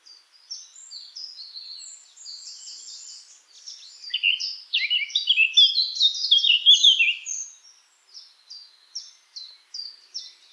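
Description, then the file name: Eurasian blackcap song, soft twittering that swells into a louder, rapid jumble of chattering and whistled notes, then tapers into scattered chirps. "Sylvia atricapilla"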